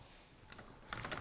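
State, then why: Seated. A magnetic remote pressure-switch mount for an Olight Odin Mini flashlight sits on the flashlight's Picatinny rail, and its locking lever is flipped shut. A sharp click comes at 0.9 s, followed by short ticks. The mount is locked onto the rail and no longer comes off.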